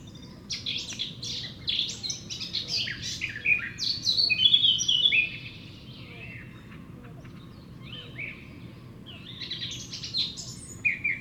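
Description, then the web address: Eurasian blackcap song: rapid warbled phrases of varied chirps and whistles, in bursts with a quieter pause midway, with a low background hum. "SETE data Sylvia atricapilla"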